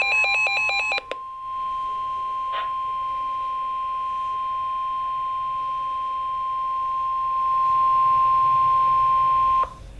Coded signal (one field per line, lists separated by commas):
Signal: Emergency Alert System (SAME) tones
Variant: 1050 Hz attention tone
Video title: EAS #23 - Severe Thunderstorm Warning Lincoln, Franklin, Moore TN